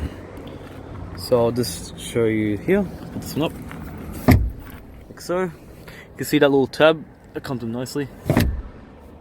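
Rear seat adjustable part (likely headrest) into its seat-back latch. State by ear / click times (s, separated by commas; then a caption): seated / 8.3 s, 8.4 s. In a 2022 Volkswagen Polo 85TSI Style, a rear seat adjustable part, likely a headrest, is raised and pushed into its seat-back latch until its small tab engages while someone talks. Two sharp clicks at 8.3 s and 8.4 s mark the part locking in place.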